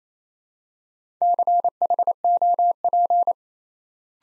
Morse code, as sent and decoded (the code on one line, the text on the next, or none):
-.-. .... --- .--.
CHOP